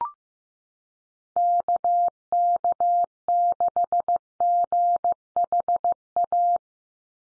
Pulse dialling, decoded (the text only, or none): none